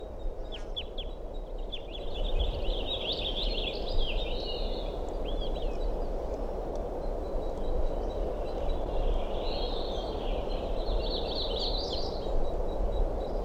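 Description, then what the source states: Crossbill calls, a busy run of high chattering and twittering notes coming in bursts over steady low background rumble. Crossbills heard a little way down the hill shortly after 10:40 a.m., among ponderosa pines, possibly giving begging or copulation calls.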